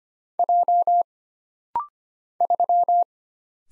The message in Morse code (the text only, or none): J 3